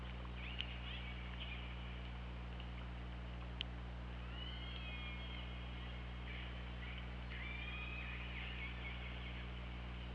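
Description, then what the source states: Killer whale calls, long level and gently sweeping harmonic cries through the middle and end, with a few sharp clicks and a persistent low-pitched hum. OrcaLab, 24 August 2017, 21:06.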